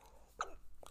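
A sudden, sharp gulping burst, followed by a softer second catch: an adult hiccup.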